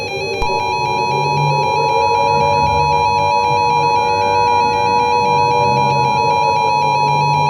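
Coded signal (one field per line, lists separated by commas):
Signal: Emergency Alert System (SAME) tones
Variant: 853 and 960 Hz attention tone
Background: music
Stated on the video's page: Simulated EAS scenario, a remastered recreation.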